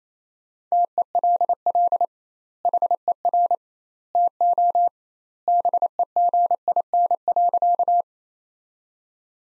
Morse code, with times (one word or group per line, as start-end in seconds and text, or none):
0.7-2.0 TELL
2.6-3.5 HER
4.2-4.9 TO
5.5-8.0 BEGIN.